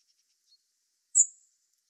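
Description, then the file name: Common blackbird giving one thin, very high, short call note, with faint scraps of high sound before it and otherwise silence. "Turdus merula"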